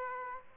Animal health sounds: mosquito wingbeat signal from an infrared sensor; Aedes aegypti

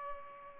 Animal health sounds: mosquito wingbeat signal from an infrared sensor; Culex pipiens

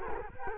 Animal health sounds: mosquito wingbeat signal from an infrared sensor; Culex quinquefasciatus

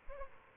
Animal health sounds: mosquito wingbeat signal from an infrared sensor; Aedes albopictus

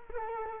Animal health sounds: mosquito wingbeat signal from an infrared sensor; Culex quinquefasciatus

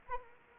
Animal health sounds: mosquito wingbeat signal from an infrared sensor; Anopheles arabiensis

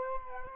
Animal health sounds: mosquito wingbeat signal from an infrared sensor; Culex quinquefasciatus

